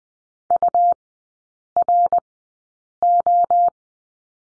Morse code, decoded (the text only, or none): URO